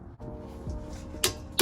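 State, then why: Torque reached. A click-type torque wrench tightens a rear brake caliper bracket bolt to 100 ft-lb on a 2016–2022 Lexus RC200t, with the handle lifted until the wrench clicks. Over a steady tonal background, a sharp click sounds at 1.2 s, followed by a second similar sharp click at 1.6 s. The wrench clicks at its setting, confirming the bolt has reached torque.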